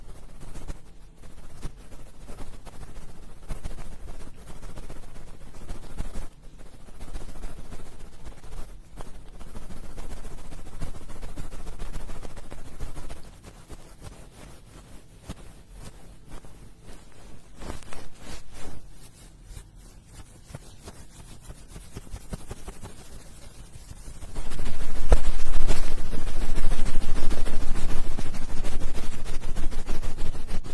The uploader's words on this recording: Ear picking and ear massage, experience instant sleep.